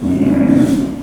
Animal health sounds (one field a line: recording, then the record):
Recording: squeal of a Yucatan mini pig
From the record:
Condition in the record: after surgery on the right vocal fold (resection and tissue-engineered implant)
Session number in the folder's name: 5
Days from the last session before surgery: 33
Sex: female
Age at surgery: 19 weeks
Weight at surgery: 25 kg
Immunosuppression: prednisolone